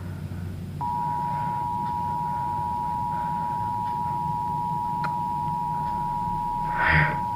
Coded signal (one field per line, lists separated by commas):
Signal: Emergency Alert System (SAME) tones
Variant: 853 and 960 Hz attention tone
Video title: EAS Shorts 2: This is not safe